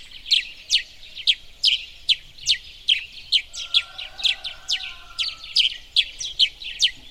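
Grey-headed sparrow chirping, sharp high chirps repeated about twice per second in a series.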